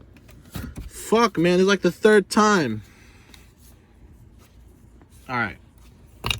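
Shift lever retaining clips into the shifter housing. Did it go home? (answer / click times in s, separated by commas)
yes / 6.3 s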